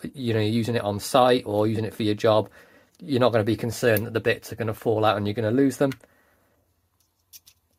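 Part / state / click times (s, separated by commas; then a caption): bit holder folding into a multitool handle / seated / 7.5 s. Someone talks for about six seconds, then after a short quiet pause the bit holder on a Victorinox Cybertool 29/S Swiss Army knife (1.7605.T) is folded shut into the multitool handle. It gives a small, sharp click at 7.5 s as it seats, closing over the screwdriver bits to hold them in.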